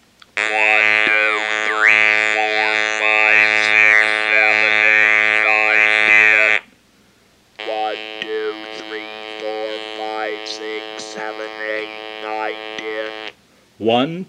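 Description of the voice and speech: Counting from one to ten, done twice, in a steady mechanical buzz at one fixed pitch, with words shaped over the drone and a brief pause between runs; a third count starts just at the end. This is electrolarynx speech from an artificial electric larynx, used by an adult speech-language pathologist demonstrating it.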